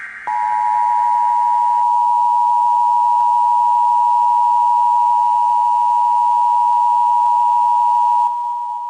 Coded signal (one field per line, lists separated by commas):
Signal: Emergency Alert System (SAME) tones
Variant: 853 and 960 Hz attention tone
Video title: EAS Scenario | The returning of the blood moon | Tornado Alley Ultimate